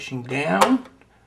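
An LED replacement bulb is pushed down into the holes of a projector lamp holder while someone talks, with a brief scraping handling noise near 0.6 s. The clip ends before the bulb is twisted home. Nothing has seated or clicked yet.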